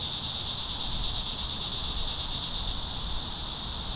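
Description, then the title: Cicada chorus as a steady shrill buzz, its pulsing fading slightly near the end, with faint low rumble. Several cicadas in a park. "neoscenes: cicadas in the park"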